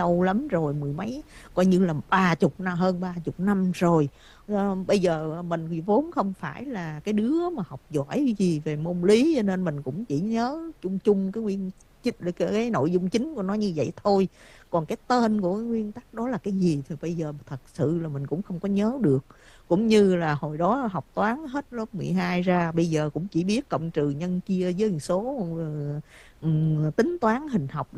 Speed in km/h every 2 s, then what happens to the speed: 29, 11, 0, 0, 0, 0, 0, 0, 0, 0, 0, 0, 0, 0.
0-4 brakes to 0. 4-28 standing.